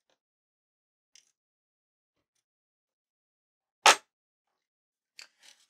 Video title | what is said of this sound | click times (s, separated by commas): Ender 3 v2 MicroSD Housing Mod | and the micro sd card reader just slides right snaps right into place and | 3.9 s